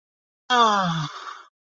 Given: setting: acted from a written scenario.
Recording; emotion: vocal sound without words; romantic love